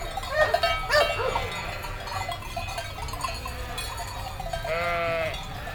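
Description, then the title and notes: Sheep bleating from a flock, with a long harmonic bleat near the end, bells clanking and a low background rumble. Large flock of sheep and lambs at Vilminore, Valle di Scalve, 5 September 2009, held in pens and loaded onto trucks for transhumance to the Mantua plain. "Transumanza a Vilminore. Transumanza, Vilminore 5 settembre 2009 Un grosso gregge viene preparato per essere trasferito dalla Valle di Scalve alla pianura Mantovana"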